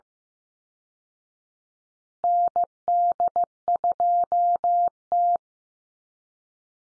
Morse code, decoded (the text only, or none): ND2T